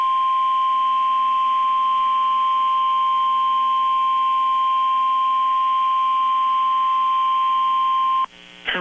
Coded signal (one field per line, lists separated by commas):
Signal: Emergency Alert System (SAME) tones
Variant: 1050 Hz attention tone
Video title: {YOUTUBE FIRST} EAS #1703-1706 - HURRICANE FORCE WIND WARNINGS TONED AS HUWs & 1050 HZ BZW 1-4-2018